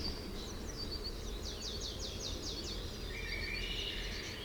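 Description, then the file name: Common chaffinch song, a quick series of repeated descending notes ending in a lower flourish, over steady low rumbling background noise. "Fringilla coelebs"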